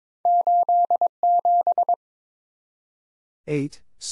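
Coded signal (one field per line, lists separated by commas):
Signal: Morse code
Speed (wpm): 22 wpm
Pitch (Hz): 700 Hz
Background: none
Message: 87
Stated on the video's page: Morse practice drill at 22 wpm: random two-character letter and number combinations for head copy, each sent, spoken, then sent again.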